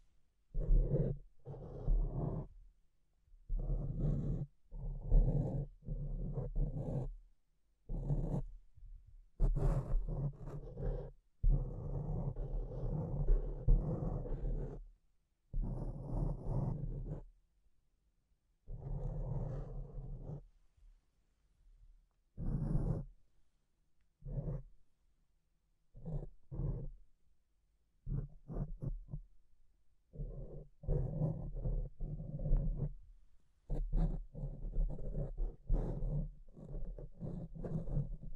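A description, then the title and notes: Mic scratching comes in bursts of harsh, rough rubbing, some long and grinding, others short and choppy, separated by brief silences. A low hum sits under most strokes, with occasional sharp clicks; the rhythm is irregular across the whole length. ASMR Brain Melting Mic Scratching (No Talking).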